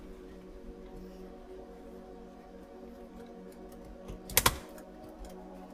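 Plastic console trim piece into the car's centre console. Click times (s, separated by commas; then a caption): 4.4 s. A plastic trim piece is pressed back into its mount in the centre console of a BMW E36 during reassembly. Over a low steady hum with faint ticking, a small tap at 4.3 s leads into a sharp click at 4.4 s and a second quick hit just after. The trim piece clicks back into place.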